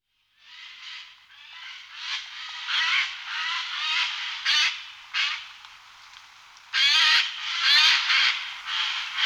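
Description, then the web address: Eurasian jay calls: hoarse, grating screeches rising in intensity, with a run of louder rasping bursts toward the end. Song, recorded in 2004. "gesang. roche 2004 eichelhaeher"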